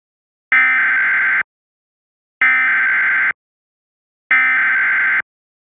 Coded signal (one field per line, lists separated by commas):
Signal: Emergency Alert System (SAME) tones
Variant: header bursts